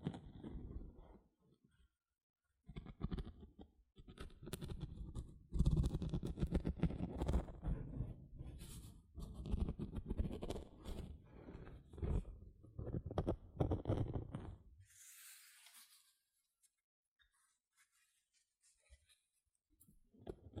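Gentle scratching comes in dense, uneven bursts with short pauses, then a soft hiss near fifteen seconds before a quiet stretch.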